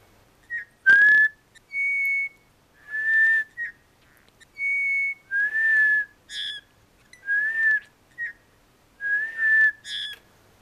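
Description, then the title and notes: Eurasian Bullfinch giving a series of soft piping whistles. "Punatulkku. Juha Laaksonen"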